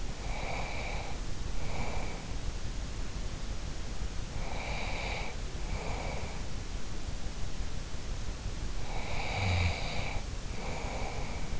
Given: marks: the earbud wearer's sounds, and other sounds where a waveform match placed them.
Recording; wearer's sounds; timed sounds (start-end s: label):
sounds in sleep by an in-ear microphone; breath
0.00-2.55 s: breath
4.30-6.48 s: breath
8.79-11.60 s: breath